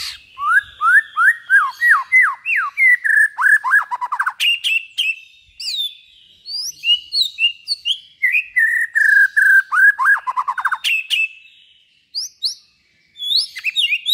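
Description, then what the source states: White-rumped shama song, a long varied run of loud whistled and slurred notes, rapid repeated chirps and descending trills with brief pauses. Used as a lure for trapping.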